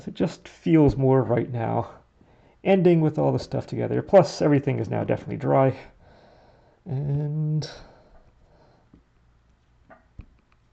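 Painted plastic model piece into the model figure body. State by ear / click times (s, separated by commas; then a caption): seated / 10.2 s. After painting, with everything dry, a painted plastic piece of a model figure is fitted onto the assembled figure body while someone talks. A small, sharp click is heard at 10.2 s, followed by fainter ticks, as the piece clicks into place and seats.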